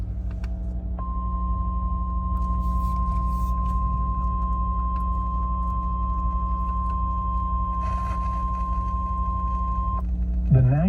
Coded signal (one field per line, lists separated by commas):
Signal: Emergency Alert System (SAME) tones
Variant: 1050 Hz attention tone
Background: speech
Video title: Just some random catches! EAS Alerts from 10/30 - 11/27. [EAS #3,468 - 3,493]